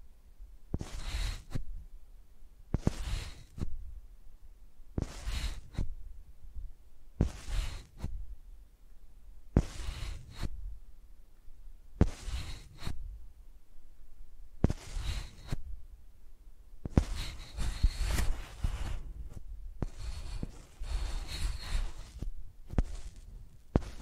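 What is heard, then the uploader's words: A microphone is dragged across a surface like a pencil, making scratchy, rasping strokes with a low rumble underneath. The strokes come at a steady pace, about every two seconds, with quiet gaps between them, then grow longer and closer together in the last third. Using Mics as Pencils (No Talking).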